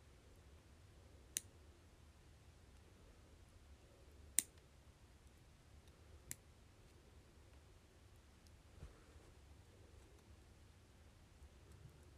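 Nails being clipped: three sharp, bright snaps ring out at about 1.4, 4.4 and 6.3 seconds, with a softer tick near 9 seconds. Between the cuts there is only a low, steady hum and faint rustling.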